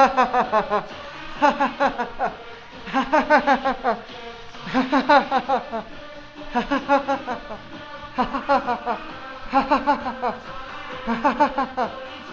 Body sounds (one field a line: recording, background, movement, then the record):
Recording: laughter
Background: music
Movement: walking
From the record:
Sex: male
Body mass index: 20.6 kg/m2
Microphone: on the chest, facing outward